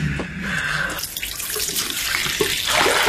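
Water runs steadily from a tap into a glass, a continuous hissing splash with a faint rising tone as the glass fills, with no voices over it.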